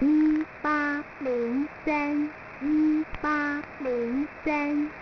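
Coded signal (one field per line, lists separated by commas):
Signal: numbers station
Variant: V13, Mandarin Chinese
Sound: female voice reading Chinese digits in groups of four, each group repeated twice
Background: radio static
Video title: V13 New Star Broadcasting Station 8169kHz Oct-16-2023 0200z Numbers Station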